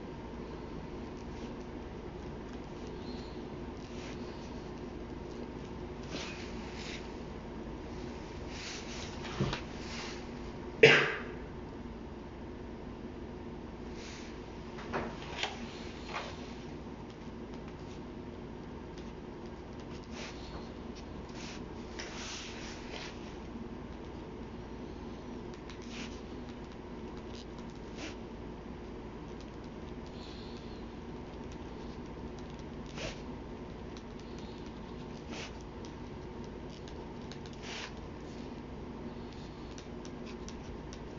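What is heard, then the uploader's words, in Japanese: Sounds of someone copying text by hand, with soft, irregular scratches and short strokes of a pen across paper through most of the recording. A few sharper taps stand out around 10 to 11 seconds and again near 15 seconds. A low, steady hum sits underneath throughout. 茨木のり子 著『女がひとり頬杖をついて』から、詩『ぎらりと光るダイヤのような日』を書き写している最中の音をお送りします。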